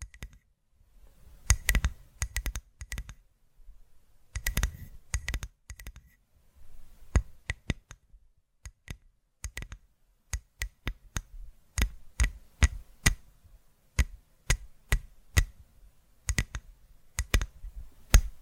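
Sharp tapping clicks come in quick clusters and single strikes across the whole stretch, irregular in rhythm with short silent gaps between bursts. Each tap is crisp and bright with a faint low thump beneath, sounding like fingers or nails on a hard surface.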